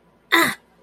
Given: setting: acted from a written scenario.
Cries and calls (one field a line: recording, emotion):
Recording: vocal sound without words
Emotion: pain